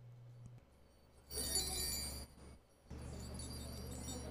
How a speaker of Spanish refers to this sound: Abrió su enorme bocota, pero Belardo no croó. De su boca salió un sonido mágico, como de cascabeles diminutos.